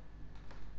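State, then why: Not seated. A corner push pin of a stock CPU cooler is pressed down into its hole through the motherboard. Only low background noise and a faint, brief tick near 0.5 s are heard. The pin has not clicked or seated yet.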